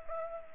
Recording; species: mosquito wingbeat signal from an infrared sensor; Culex pipiens